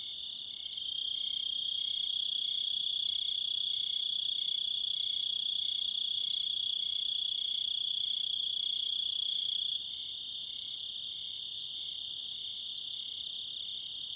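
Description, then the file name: Grasshopper producing a sustained high trill that starts softly, swells, then drops a little in volume around two-thirds of the way through. "zvuki kuznechika"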